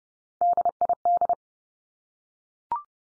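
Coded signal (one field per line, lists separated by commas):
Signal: Morse code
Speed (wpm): 30 wpm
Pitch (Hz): 700 Hz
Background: none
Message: DID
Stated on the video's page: Morse practice drill of the 100 most common English words at 30 wpm, each sent three times, spoken, then sent again.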